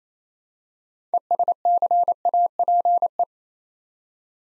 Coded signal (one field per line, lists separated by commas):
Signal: Morse code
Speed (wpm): 27 wpm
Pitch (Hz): 700 Hz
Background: none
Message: ESCAPE